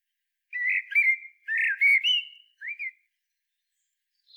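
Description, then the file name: Common blackbird singing: two rich warbled phrases in quick succession, then a short whistle, and a faint high note after a silence. "Turdus merula"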